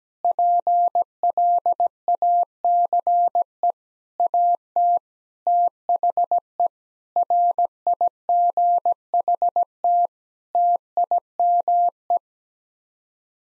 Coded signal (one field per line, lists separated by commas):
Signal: Morse code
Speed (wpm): 17 wpm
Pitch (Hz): 700 Hz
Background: none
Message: PLACE AT THE RIGHT TIME